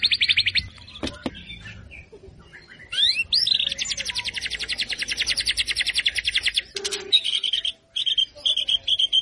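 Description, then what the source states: White-rumped shama song: a sharp crack, then rising whistled sweeps and a long, fast, even trill, followed by short bright phrases near the end. Lure recording meant to draw a response from the bird; the bird is described as gacor, singing persistently.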